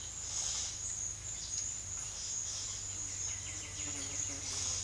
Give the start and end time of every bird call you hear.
3.08s-4.48s: bird call (1.8-5.1 kHz)

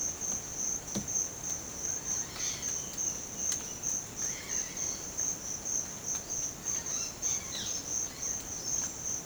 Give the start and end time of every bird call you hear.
2.26s-2.87s: bird call (1.1-5.2 kHz)
4.10s-5.22s: bird call (1.2-5.5 kHz)
6.78s-7.82s: bird call (0.6-5.6 kHz)

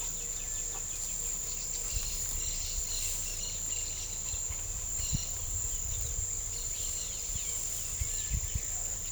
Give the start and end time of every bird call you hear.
0.00s-8.51s: bird call (1.9-6.1 kHz)

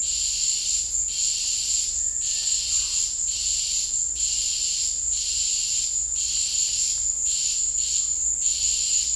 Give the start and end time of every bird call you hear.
1.93s-2.67s: bird call (1.4-2.2 kHz)

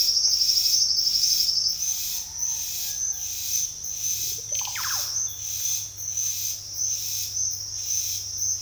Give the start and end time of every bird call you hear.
1.90s-3.34s: bird call (0.5-2.2 kHz)
4.38s-5.07s: bird call (0.2-3.6 kHz)

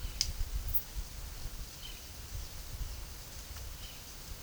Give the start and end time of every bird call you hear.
0.00s-4.42s: bird call (1.7-5.2 kHz)

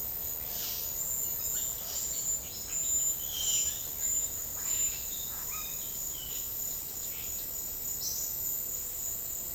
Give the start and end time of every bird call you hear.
0.49s-0.93s: bird call (1.7-9.5 kHz)
1.38s-3.84s: bird call (1.3-6.4 kHz)
4.60s-6.42s: bird call (0.9-5.9 kHz)
6.77s-7.48s: bird call (1.6-4.9 kHz)
7.94s-8.54s: bird call (2.9-7.2 kHz)

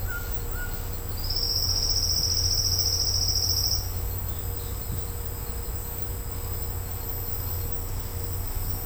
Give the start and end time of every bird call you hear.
0.06s-0.81s: bird call (1.0-2.1 kHz)

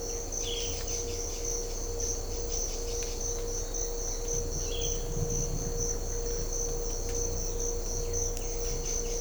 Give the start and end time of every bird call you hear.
0.39s-0.79s: bird call (1.9-3.9 kHz)

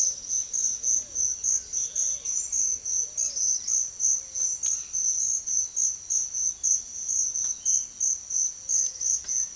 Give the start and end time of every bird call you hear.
1.85s-2.45s: bird call (1.9-4.6 kHz)
8.54s-9.56s: bird call (0.7-5.7 kHz)

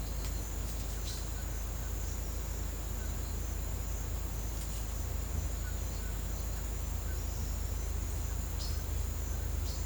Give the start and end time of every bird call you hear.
8.57s-8.81s: bird call (3.6-5.6 kHz)
9.64s-9.85s: bird call (3.8-5.2 kHz)

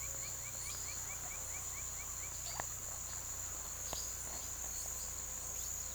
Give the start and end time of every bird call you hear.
0.00s-2.35s: bird call (1.3-2.9 kHz)

